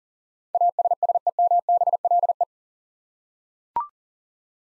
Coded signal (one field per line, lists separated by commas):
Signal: Morse code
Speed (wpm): 43 wpm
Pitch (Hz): 700 Hz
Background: none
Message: ASSEMBLE